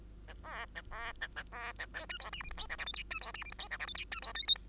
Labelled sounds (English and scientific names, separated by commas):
Bengalese Finch (Lonchura striata domestica) song